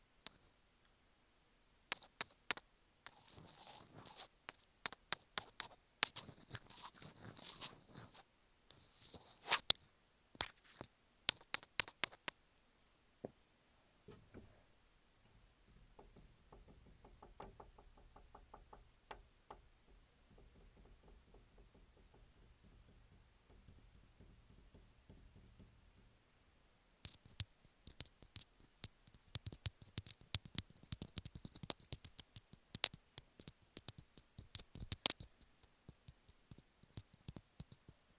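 Crisp tapping and scratching clicks come in quick, dense bursts for the first twelve seconds, then thin out. A soft, muffled rustle like a pillow being fluffed fills the middle stretch, before sharp, bright tapping and scratching return for the final ten seconds.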